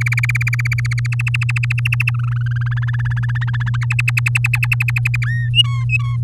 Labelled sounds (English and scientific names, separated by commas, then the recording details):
Domestic Canary (Serinus canaria) song
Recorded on 8 May 2018 at 14:20
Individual llb16